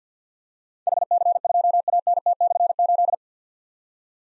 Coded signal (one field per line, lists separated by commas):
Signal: Morse code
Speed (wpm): 50 wpm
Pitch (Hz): 700 Hz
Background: none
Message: HC2ANT/8